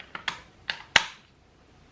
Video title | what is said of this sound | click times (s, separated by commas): Stihl 200t Carb Rebuild | there you go let that camera come and focus again you heard that snap so | 1.0 s